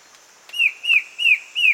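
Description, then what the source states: Black-headed antbird giving four bright whistled notes, each falling slightly in pitch, spaced evenly about a third of a second apart. Male, recorded 22 June 2008.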